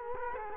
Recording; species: mosquito wingbeat signal from an infrared sensor; Culex quinquefasciatus